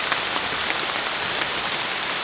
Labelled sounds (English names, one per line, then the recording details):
none
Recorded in secondary vegetation near Puerto Asís, Putumayo, Colombia, on 30 June 2025 at 15:00
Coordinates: 0.499, -76.323
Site G077